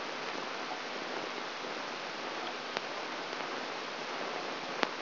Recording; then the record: brain microelectrode recording played as sound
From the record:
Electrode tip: outside the subthalamic nucleus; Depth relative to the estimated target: -10 mm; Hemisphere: right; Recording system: AlphaMap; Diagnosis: Parkinson's disease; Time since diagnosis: 24 years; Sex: male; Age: 67 years